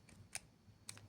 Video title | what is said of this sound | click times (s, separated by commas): Taller diabetes Dra Alicia Palomares | En esta pluma en particular, lo que tenemos que hacer primero presionamos y se va a escuchar un click. | 0.3 s